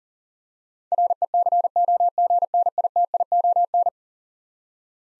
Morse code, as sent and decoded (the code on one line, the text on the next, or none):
.-. . -.-. --- --. -. .. - .. --- -.
RECOGNITION